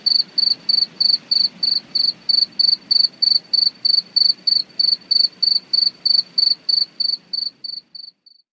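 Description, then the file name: Cricket chirping: steady, evenly spaced high pulsed chirps, about three per second, fading out near the end over a faint low background rumble. "grillos"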